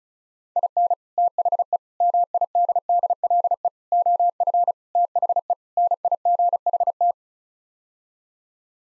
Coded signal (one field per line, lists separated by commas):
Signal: Morse code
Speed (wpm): 34 wpm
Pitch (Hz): 700 Hz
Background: none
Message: IN THE MIDDLE OF THE NIGHT